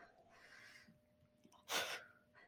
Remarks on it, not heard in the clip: My dog is like aggressively snoring next to me. He's like laying in front of our front door.